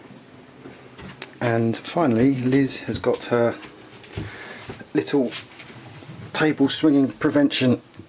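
A small locking device on a boat's saloon table, used to stop the table swinging at sea, is being handled while someone talks. A sharp hit sounds at about 1.2 seconds amid the speech, but the lock has not yet seated or clicked into place by the end.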